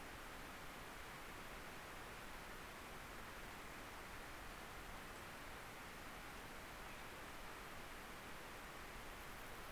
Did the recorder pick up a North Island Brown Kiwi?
no